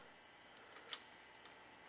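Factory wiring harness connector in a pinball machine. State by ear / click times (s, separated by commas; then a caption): released / 0.9 s. The factory plastic wiring-harness connector in a pinball machine is unplugged so a new one can be fitted. A sharp, short hit sounds at 0.9 s as the connector comes apart, followed by a fainter tick at 1.5 s. The connector is released.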